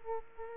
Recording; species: mosquito wingbeat signal from an infrared sensor; Aedes aegypti